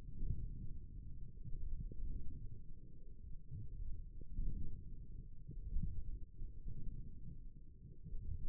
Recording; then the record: forearm muscle sounds (acoustic myography)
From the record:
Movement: wrist flexion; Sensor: system 1, eight BSWA MPA416 microphones around the upper forearm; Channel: 1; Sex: male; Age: 28 years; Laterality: right